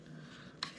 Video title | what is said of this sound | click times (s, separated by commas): Work Sharp: Knife Sharpener Review | and it just clicks into place | 0.6 s